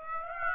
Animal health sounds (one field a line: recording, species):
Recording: mosquito wingbeat signal from an infrared sensor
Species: Aedes aegypti